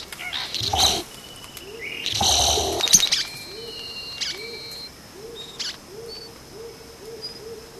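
Vogelkop bowerbird giving two loud, harsh rasping bursts, with a regular series of short, soft, lower hoots running through and after them, and faint thin whistles.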